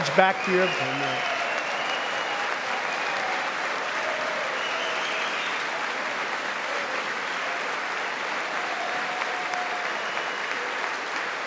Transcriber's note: applause